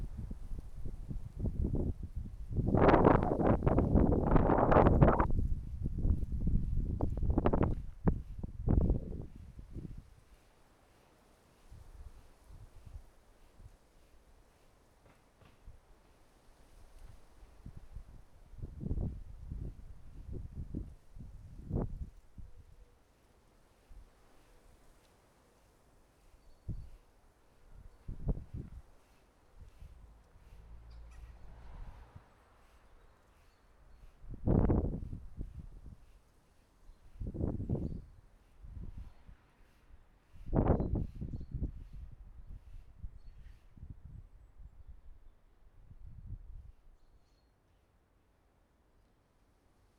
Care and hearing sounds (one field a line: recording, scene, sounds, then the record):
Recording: everyday scene through a hearing-aid microphone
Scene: wind on the microphone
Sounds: wind, other noises, traffic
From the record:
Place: suburban garden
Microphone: behind the ear, right, rear